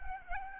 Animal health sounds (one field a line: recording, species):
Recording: mosquito wingbeat signal from an infrared sensor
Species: Aedes albopictus